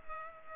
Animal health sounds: mosquito wingbeat signal from an infrared sensor; Culex pipiens

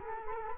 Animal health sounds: mosquito wingbeat signal from an infrared sensor; Culex quinquefasciatus

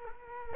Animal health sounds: mosquito wingbeat signal from an infrared sensor; Culex quinquefasciatus

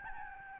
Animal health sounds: mosquito wingbeat signal from an infrared sensor; Aedes albopictus

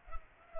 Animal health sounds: mosquito wingbeat signal from an infrared sensor; Culex pipiens

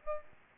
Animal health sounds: mosquito wingbeat signal from an infrared sensor; Aedes albopictus

